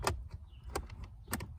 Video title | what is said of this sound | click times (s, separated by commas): 1999 Mercedes E55 AMG W210 Fan motor blower not working. Complete Diagnosis & Repair step by step. | It's in. You hear a snap, that's good. | 1.3 s